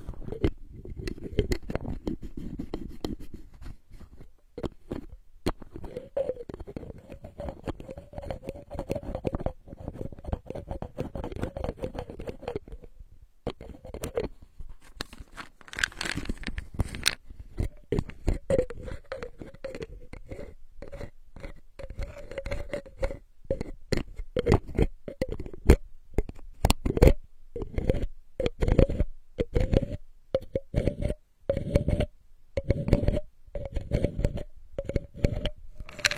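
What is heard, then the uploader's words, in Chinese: Bottle caps are tapped and twisted in quick, irregular clicks and crackles, with a wavering hum-like tone running through much of it. 多种瓶盖触发音。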